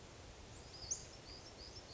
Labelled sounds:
Western Flycatcher

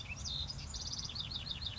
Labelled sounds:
House Wren

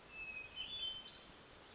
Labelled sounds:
Hermit Thrush

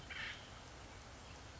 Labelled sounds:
Acorn Woodpecker

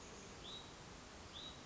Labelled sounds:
Hutton's Vireo

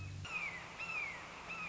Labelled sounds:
Red-shouldered Hawk

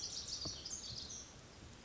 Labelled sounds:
Pacific Wren

